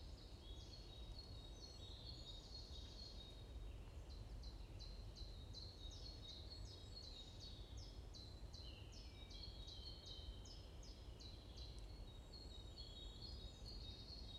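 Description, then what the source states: Birds chirping with high twittering notes, including a quick series of repeated short chirps through the middle, over a steady low hum. Morning birds chirping in a forest at Bosvoorde, Watermaal-Bosvoorde, Brussels, Belgium; described as peaceful ('rust'); recorded with an AMBE VR microphone.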